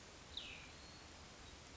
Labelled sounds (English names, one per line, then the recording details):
Cassin's Vireo
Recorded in Sonoma County, California